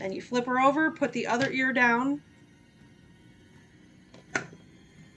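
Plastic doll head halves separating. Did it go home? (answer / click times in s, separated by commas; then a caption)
released / 4.4 s. Someone talks, then a doll is flipped onto its other ear on a hard surface and its plastic head is pushed down. After a quiet stretch, a single sharp click at 4.4 s marks the second side of the doll head coming apart.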